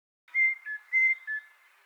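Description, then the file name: Common blackbird giving a short run of mellow whistled notes, a few notes repeated over about a second, no other sounds. "Turdus merula"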